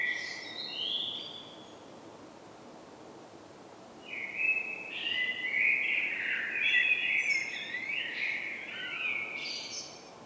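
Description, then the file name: Common blackbird song: a short fluted phrase, a pause, then a long, rich warbling run of varied notes laced with high squeaky twitters. "Turdus merula"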